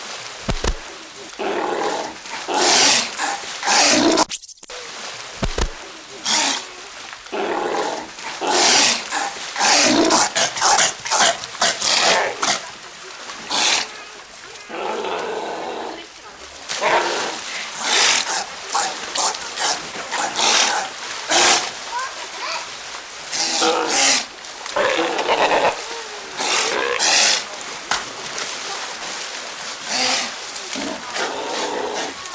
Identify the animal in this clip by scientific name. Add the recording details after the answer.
Otaria flavescens. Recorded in captivity. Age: adult. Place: Tiergarten Schönbrunn, Wien, AT. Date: 1999-11-10 16:40. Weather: overcast, ca. 5°C. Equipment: Sony WM-D6C, Sennheiser ME 80, Kopie Uher 4000 Report Monitor. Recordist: Tembrock, Günter